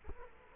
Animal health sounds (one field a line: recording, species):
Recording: mosquito wingbeat signal from an infrared sensor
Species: Culex quinquefasciatus